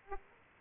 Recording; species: mosquito wingbeat signal from an infrared sensor; Aedes aegypti